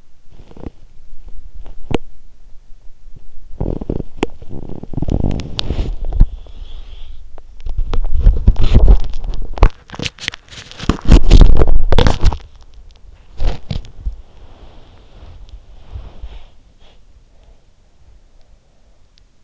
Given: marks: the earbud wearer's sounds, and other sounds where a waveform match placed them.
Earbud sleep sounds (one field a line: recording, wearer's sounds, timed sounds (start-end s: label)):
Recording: sounds in sleep by an in-ear microphone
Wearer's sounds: body movement, breath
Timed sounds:
0.00-17.62 s: body movement
6.02-7.45 s: breath
15.70-17.13 s: breath
17.31-19.44 s: breath